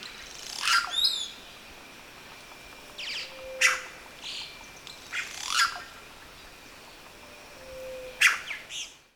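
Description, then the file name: Red-rumped cacique calls, loud harsh sweeping notes with sharp clicks, given in bursts about every two to three seconds, plus a faint low whistle and background hiss. Recorded 19 September 2011. "20110919 CACHAE"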